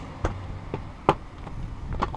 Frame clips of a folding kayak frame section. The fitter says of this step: viennent s'enclencher dedans